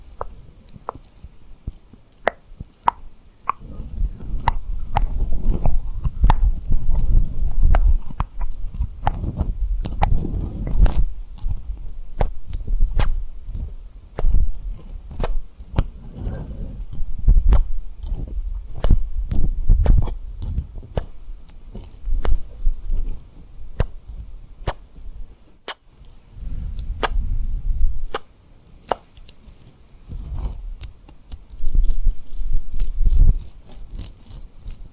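Tapping and rubbing on rhinestone lip triggers, with rapid, crisp clicks scattered densely throughout. Low rubbing swells come and go, strongest around 5–12, 17–22 and 26–34 seconds, with a brief quiet gap near 25 seconds.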